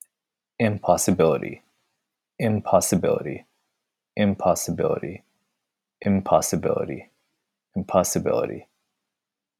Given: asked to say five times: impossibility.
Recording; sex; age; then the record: repeated word; male; 30 to 39 years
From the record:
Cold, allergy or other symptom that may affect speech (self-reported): no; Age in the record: 33 years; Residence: California, United States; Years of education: 19